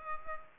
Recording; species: mosquito wingbeat signal from an infrared sensor; Culex pipiens